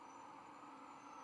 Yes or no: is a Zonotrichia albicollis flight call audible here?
no